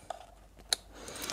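A small black electrical plug is pushed back into its socket deep inside a car's interior trim area. After a faint tap at 0.1 s, one sharp click at 0.7 s marks the plug seating, followed by rising rustling and a couple of brief ticks near the end.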